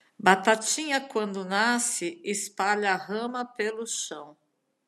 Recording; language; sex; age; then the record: short text; Brazilian Portuguese; female; 60 to 69 years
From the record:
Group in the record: control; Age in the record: 62 years